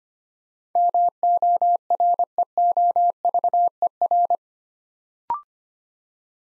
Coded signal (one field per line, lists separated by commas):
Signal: Morse code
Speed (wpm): 25 wpm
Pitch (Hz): 700 Hz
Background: none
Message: MOREOVER